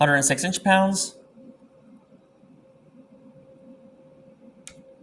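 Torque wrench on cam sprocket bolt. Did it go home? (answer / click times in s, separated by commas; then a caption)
yes / 4.7 s. Someone talks, then a torque wrench set to 106 inch-pounds tightens the second cam sprocket bolt during a performance cam upgrade on a Himalayan 411. Over a quiet, steady hum, the wrench gives a single sharp click at 4.7 s, confirming the bolt has reached its torque setting.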